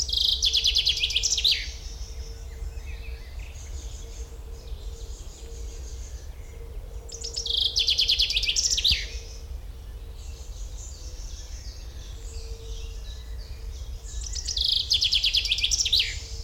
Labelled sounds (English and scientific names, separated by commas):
Common Chaffinch (Fringilla coelebs)